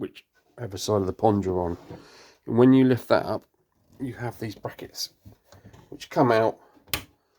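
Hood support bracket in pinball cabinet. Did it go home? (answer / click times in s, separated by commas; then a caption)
yes / 6.9 s. On an Arcade1Up pinball cabinet, the hood is lifted and the metal support brackets are pulled out to hold it up. Someone talks throughout, then a sharp click is heard at 6.9 s as a bracket clicks into place, seating it.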